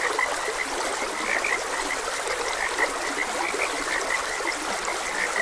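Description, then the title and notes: Frog chorus of quick, bright croaks at an uneven pace over the steady trickle of a stream. Frogs croaking beside a gentle stream. "Frogs Croaking. Sleep and Relaxation Podcast"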